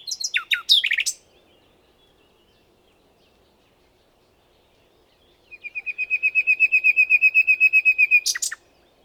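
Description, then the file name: Common nightingale song: a quick burst of sweeping, tumbling notes, a pause, then a long rapid series of repeated liquid chips ending in a harsh flourish. "Luscinia megarhynchos"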